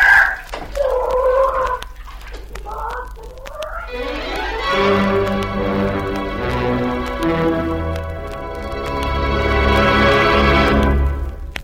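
A few short, rising clucks give way to a long, loud, drawn-out rooster crow that swells and holds its strained, harmonic pitch for several seconds before cutting off.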